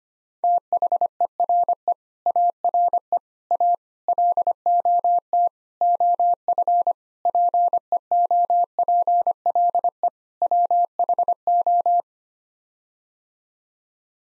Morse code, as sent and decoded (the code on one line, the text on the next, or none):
- .... . .-. . / .- .-. . / .- / .-.. --- - / --- ..-. / .--. . --- .--. .-.. . / .-- .... ---
THERE ARE A LOT OF PEOPLE WHO